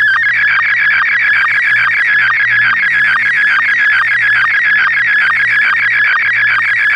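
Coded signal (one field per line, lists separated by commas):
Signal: SSTV (slow-scan television)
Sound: steady warbling tone with rapid regular ticking pulses, continuous for seven seconds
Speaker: Received DTMF command number 20. SSTV test transmission.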